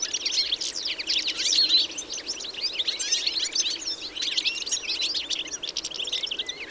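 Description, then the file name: European goldfinch calls: a lively, unbroken twittering chorus of rapid liquid notes and short trills from many birds. "Carduelis carduelis"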